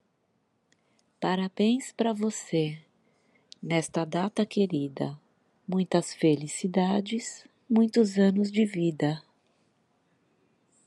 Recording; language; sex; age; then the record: short text; Brazilian Portuguese; female; 50 to 59 years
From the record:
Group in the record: control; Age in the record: 53 years